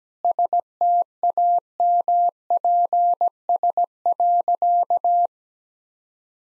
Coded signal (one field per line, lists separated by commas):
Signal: Morse code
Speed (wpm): 17 wpm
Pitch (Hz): 700 Hz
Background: none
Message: STAMPS.